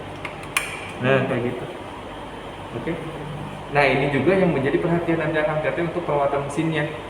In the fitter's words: Cara pasangnya harus sampai bunyi klik, ini masih baru banget ya.